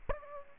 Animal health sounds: mosquito wingbeat signal from an infrared sensor; Aedes aegypti

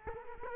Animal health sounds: mosquito wingbeat signal from an infrared sensor; Culex quinquefasciatus

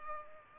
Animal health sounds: mosquito wingbeat signal from an infrared sensor; Culex pipiens

